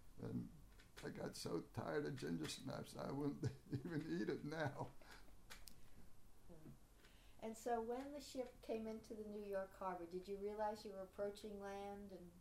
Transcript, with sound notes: And I got so tired of gingersnaps, I won't [laughs] even eat it now!
And so when the ship came into the New York Harbor, did you realize you were approaching land?